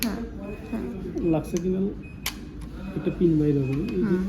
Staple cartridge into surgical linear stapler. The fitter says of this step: এইযে যেটা দেখা যাচ্ছে এটা এখানে লাগবে একটা ক্লিক সাউন্ড হবে